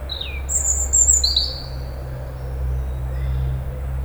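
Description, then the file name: European robin song: thin, high warbled phrases that slide downward, sung over the first second and a half, then quiet, with a steady low rumble underneath. "Erithacus rubecula"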